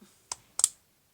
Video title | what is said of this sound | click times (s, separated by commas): Matériel pratique de chez Action pour découper vos cartonettes | vous entendez un clic et s'est enclenchée | 0.3 s, 0.6 s